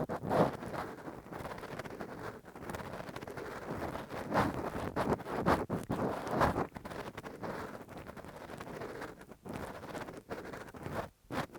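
Rough, deep ear cleaning with a Q-tip and ear pick, heard as a dense, continuous scratching and rumbling rub. Louder scraping strokes surge around the half-second mark and again near four, five and six seconds, with brief quiet breaks scattered throughout.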